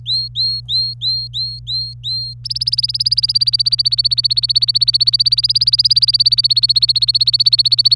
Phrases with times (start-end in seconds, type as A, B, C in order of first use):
0.06-2.33 A, 2.45-7.96 B